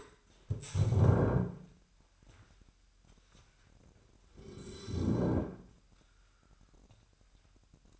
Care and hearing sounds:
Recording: daily activity, microphone in the room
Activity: stand up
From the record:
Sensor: 2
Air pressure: 998.4 hPa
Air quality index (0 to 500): 127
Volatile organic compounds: 3 ppm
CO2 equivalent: 1442 ppm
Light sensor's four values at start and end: 6/15/6/7 and 6/13/5/6

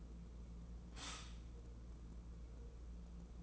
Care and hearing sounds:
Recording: daily activity, microphone in the room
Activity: stop toaster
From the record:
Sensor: 1

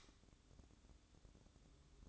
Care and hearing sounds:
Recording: daily activity, microphone in the room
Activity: light off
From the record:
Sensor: 3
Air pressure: 1007.9 hPa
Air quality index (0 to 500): 90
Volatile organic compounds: 1 ppm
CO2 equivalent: 764 ppm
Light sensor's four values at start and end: 19/50/22/20 and 12/28/12/12

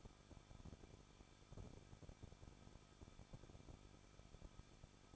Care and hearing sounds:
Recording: daily activity, microphone in the room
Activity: no activity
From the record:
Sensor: 5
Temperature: 20.8 degrees Celsius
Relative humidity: 38.3%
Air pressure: 1006.4 hPa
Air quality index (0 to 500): 190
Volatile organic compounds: 19 ppm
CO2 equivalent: 2670 ppm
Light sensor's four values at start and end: 2/3/1/1 and 2/3/1/1

